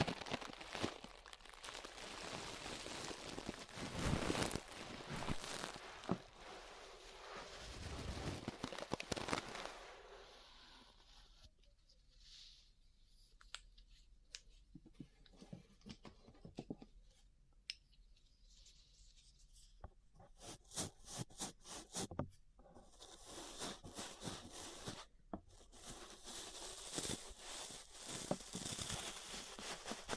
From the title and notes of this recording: ASMR Relaxing 3Dio Ear Brushing (No Talking).